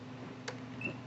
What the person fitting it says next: it just clicks right into place